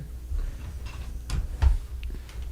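A plastic LEGO brick is pressed onto the studs of a large brick model, a UCS Millennium Falcon, over low background rumble. Sharp ticks sound at 1.3 s and 2.0 s as the brick clicks into place, and it ends up seated.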